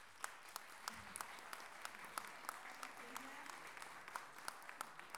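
Steady audience applause for a photographer, a dense patter of many hands clapping with sharper individual claps popping out, sustained evenly for about five seconds with no voices on top.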